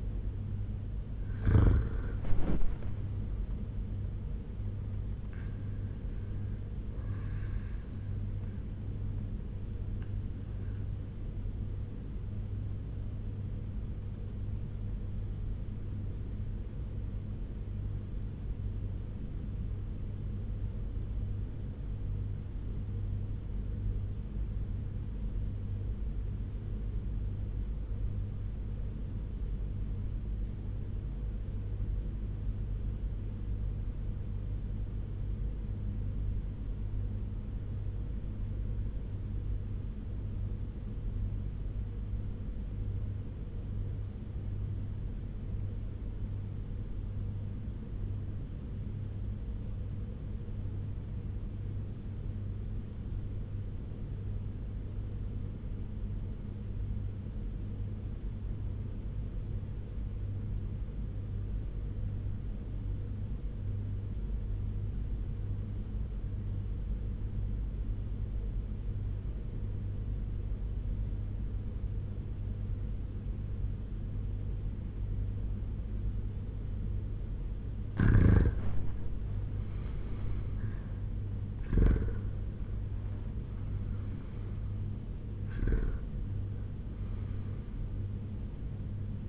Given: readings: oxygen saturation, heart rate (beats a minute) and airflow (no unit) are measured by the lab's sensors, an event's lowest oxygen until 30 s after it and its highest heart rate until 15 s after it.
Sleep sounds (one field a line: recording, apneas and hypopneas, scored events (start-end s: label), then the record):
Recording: breathing in sleep by a smartphone at the bedside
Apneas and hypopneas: 1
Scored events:
15.00-79.50 s: obstructive apnea (REM, oxygen 98% highest, then 77% lowest, heart rate 85 at the start, 98 highest)
From the record:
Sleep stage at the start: REM sleep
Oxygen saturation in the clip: 78 to 98%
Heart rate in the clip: 85 to 98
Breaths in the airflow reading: 5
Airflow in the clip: -10.3 to 7.7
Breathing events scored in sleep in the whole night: 201 in 6.5 hours asleep